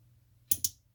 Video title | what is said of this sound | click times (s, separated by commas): [Modified Casio World Time] Black and OD combo | there we go you should hear two clicks there give it a small jiggle just to make sure you have it in place | 0.5 s, 0.6 s